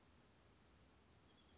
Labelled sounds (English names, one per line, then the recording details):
Chestnut-backed Chickadee
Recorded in Sonoma County, California